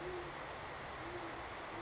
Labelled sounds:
Great Horned Owl (Bubo virginianus)
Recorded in Sonoma County, California

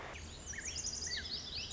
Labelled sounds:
Lazuli Bunting (Passerina amoena)
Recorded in Sonoma County, California

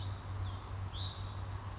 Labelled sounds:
Hutton's Vireo (Vireo huttoni)
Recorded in Sonoma County, California

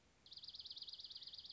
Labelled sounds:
Dark-eyed Junco (Junco hyemalis)
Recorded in Sonoma County, California

